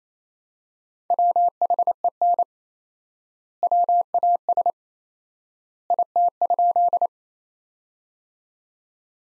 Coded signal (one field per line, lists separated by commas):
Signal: Morse code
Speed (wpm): 28 wpm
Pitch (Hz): 700 Hz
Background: none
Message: WHEN WAS IT?